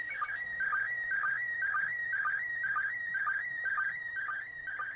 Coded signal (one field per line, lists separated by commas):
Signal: SSTV (slow-scan television)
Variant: PD 120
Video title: Lets Get Our General License! Pt. 1 Basic Operation | Ham? Radio Crash Course